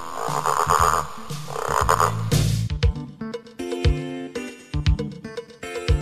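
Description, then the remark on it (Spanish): A frog croaks in two long, raspy, buzzing bursts, followed by a bright, bouncy musical tune with plucked, chiming notes. “La rana.”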